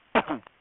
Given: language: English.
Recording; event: throat vibration sensor signal played as sound; cough